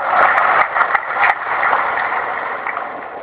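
crowd, thunderous applause

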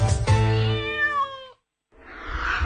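animal, cat meowing

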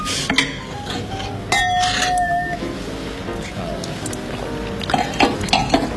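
household object, glasses clinking

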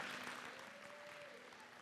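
crowd, audience clapping

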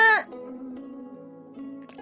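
human body sound, woman screaming

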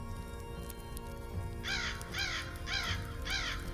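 bird, crow cawing

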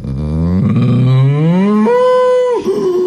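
animal, cow mooing

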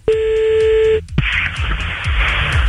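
signal or alarm, telephone number being dialed

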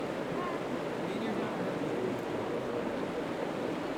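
nature, river water flowing

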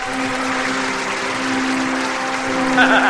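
crowd, audience applause

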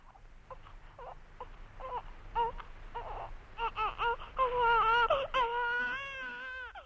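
human body sound, baby crying

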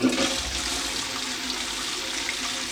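household object, toilet flush

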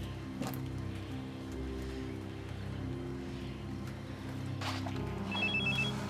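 signal or alarm, telephone ringing

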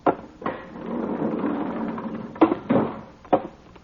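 sound effect, door opening

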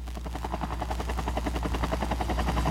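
vehicle, helicopter rotor noise

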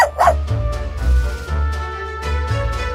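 animal, small dog barking

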